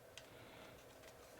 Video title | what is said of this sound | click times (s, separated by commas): iPhone 14 Pro Case - OtterBox Defender PRO! | and there you can see it's kind of all clicked in | 0.2 s